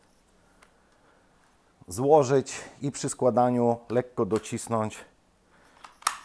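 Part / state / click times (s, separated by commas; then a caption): integral folding bipod into rifle's polymer stock / seated / 6.1 s. Someone talks while folding the integral bipod legs of a Steyr Scout II rifle up and pressing them lightly into its polymer stock. A sharp click at 6.1 s marks the bipod snapping into place and locking.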